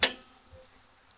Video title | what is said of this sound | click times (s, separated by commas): 1997 Geo Metro 3/5 | you just push it till it clicks it'll never open it's perfect like that | 0.0 s